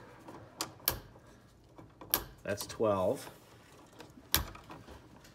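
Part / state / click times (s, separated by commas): torque screwdriver driving a screw on a USB wall outlet / torque reached / 4.3 s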